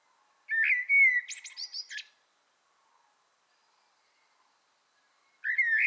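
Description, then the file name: Common blackbird: a smooth whistled phrase rolling into squeaky high twitters, a long silent gap, then the start of the next fluted phrase. "Turdus merula"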